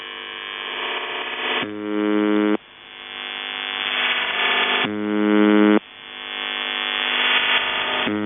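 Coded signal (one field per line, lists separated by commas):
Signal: channel marker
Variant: UVB-76, CIS-12 modem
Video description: Russian Buzzer seen with CIS-12 AT-3104 modem manufacturer by JSC Almaz CIS-12 idle audio channel leaking as audio compression takes place in-between dwell cycle of buzz.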